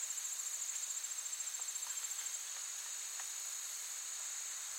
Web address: Blastwave AMBIENCE Forest. forest active insects birds loop